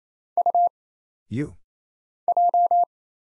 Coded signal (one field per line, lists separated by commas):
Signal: Morse code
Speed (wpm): 28 wpm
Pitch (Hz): 700 Hz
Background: none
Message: U J